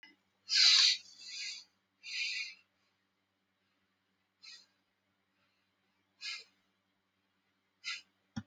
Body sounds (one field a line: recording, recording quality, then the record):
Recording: shallow breathing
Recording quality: excellent, no background noise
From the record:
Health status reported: healthy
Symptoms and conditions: asthma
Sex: male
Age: 22 years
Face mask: not worn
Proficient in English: yes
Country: India